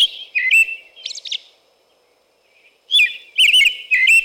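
American robin song: short whistled caroling phrases of slurred notes with a few thin high squeaky notes, a pause of over a second, then another burst of phrases.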